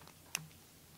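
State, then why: Seated. A stainless steel deployment clasp on the rubber strap of a Stowa Flieger Classic Sport 43mm watch is closed. It snaps shut with one sharp, bright click at 0.4 s, rising high above a quiet background with a faint tick just before. The clasp seats firmly and is not loose at all.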